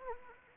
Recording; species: mosquito wingbeat signal from an infrared sensor; Anopheles arabiensis